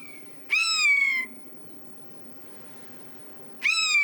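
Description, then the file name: Eurasian jay with two loud mew calls, the first falling slightly, separated by a few seconds of quiet background noise. "Garrulus glandarius"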